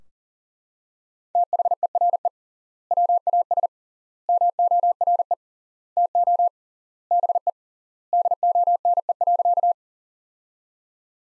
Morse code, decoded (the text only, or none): THERE WAS MORE TO BE DONE.